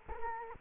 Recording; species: mosquito wingbeat signal from an infrared sensor; Culex quinquefasciatus